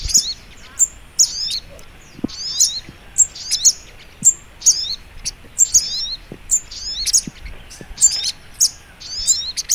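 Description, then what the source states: Little Spiderhunter song: a steady run of shrill high notes and tumbling twittered figures, coming in quick, slightly uneven succession. Masteran (training) recording; song style called Labaik.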